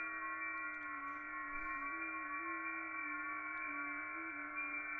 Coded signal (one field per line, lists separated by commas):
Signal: FT8